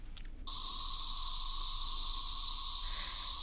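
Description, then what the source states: Periodical cicadas in a dense chorus, a steady loud high buzzing drone that starts abruptly after a brief quiet moment and holds without a break. Very many cicadas calling together.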